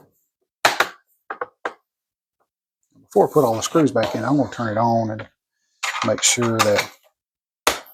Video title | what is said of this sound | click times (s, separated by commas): HP 15 Laptop - Memory Upgrade | snap the other side in. | 0.7 s, 1.7 s